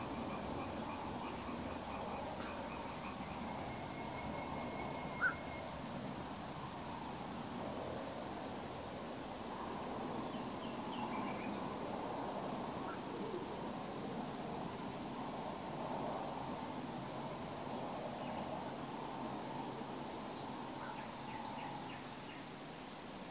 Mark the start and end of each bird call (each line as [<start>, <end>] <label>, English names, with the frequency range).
[3.69, 5.65] Common Nightingale (2.1-2.3 kHz)
[5.18, 5.35] Black-crowned Night-Heron (1.2-1.7 kHz)
[10.33, 11.48] Common Nightingale (2.1-3.2 kHz)
[12.87, 12.98] Black-crowned Night-Heron (1.3-1.7 kHz)
[18.23, 18.41] Common Nightingale (2.5-3.4 kHz)
[20.82, 20.94] Black-crowned Night-Heron (1.3-1.6 kHz)
[20.93, 22.01] Common Nightingale (1.6-3.0 kHz)
[22.27, 22.41] Common Nightingale (1.8-2.9 kHz)